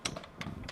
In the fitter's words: and you can hear it click i don't know if you can hear that click yeah now it's ready to go okay good